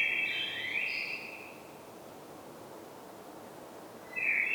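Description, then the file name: Common blackbird song: a whistled phrase with a higher note at the start, a long pause, then another phrase beginning at the end. "Turdus merula"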